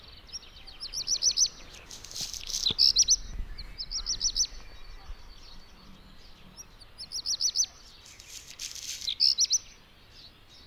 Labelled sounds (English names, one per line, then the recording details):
Black Redstart
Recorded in the wild
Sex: male
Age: adult
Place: Peenemuende, Usedom, Mecklenburg-Vorpommern, DE
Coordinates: 54.1525, 13.7776
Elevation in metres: 0
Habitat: grassland
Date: 2014-06-05 01:18
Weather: sunny, 15°C, weak wind
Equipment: Sound Devices 702, Sennheiser MKH 70, Rycote Windschutz
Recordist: Frommolt, Karl-Heinz